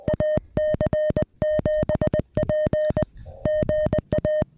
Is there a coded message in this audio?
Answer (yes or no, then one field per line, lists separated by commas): yes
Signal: Morse code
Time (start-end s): 0.1-4.4 s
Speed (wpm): 19 wpm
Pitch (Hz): 590 Hz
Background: music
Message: AC7P GA